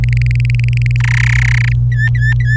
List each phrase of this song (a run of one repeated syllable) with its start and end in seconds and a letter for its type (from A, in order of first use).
0.04-0.96 A, 1.00-1.73 B, 1.92-2.56 C